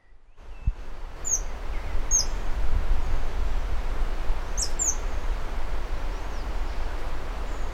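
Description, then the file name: Green-crowned plovercrest calls: several very high, thin, sharp chips scattered irregularly, over steady low rumbling noise throughout. Recorded at Campos do Jordão, São Paulo, Brazil, on 4 December 2009. "Stephanoxis-lalandi-PECamposdo Jord SP 4-12-09-ASilveira"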